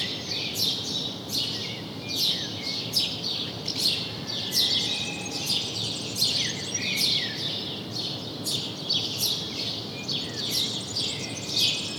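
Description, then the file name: House sparrow chirping: a dense run of harsh chirps with a steady background hiss. "Passer domesticus"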